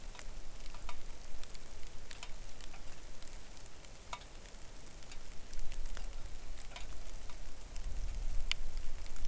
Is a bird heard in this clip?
no